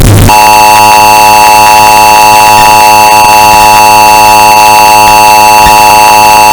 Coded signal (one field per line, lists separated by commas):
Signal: Emergency Alert System (SAME) tones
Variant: 853 and 960 Hz attention tone